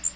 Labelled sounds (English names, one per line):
Magnolia Warbler flight call